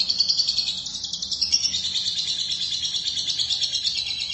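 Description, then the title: Lovebird producing continuous rasping, high chattering notes with slight shifts in pitch across four seconds. "BM Suara Burung Lovebird"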